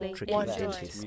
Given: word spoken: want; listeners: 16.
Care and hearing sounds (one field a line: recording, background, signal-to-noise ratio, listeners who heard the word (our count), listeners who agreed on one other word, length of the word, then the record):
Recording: one English word in noise, from a listening test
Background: four-talker babble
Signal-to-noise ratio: 0.9 dB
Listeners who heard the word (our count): 2 of 16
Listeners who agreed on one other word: 7 of 16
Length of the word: 0.67 s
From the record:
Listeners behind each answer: 7, 2, 1, 1, 1, 1, 1, 1, 1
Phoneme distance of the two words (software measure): 14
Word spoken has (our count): 1 syllable, 4 phonemes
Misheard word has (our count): 2 syllables, 6 phonemes, stress on syllable 1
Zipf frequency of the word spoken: 6.22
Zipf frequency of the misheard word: 5.56